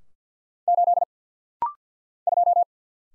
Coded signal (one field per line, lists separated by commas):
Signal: Morse code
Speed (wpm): 50 wpm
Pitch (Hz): 700 Hz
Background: none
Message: 8 2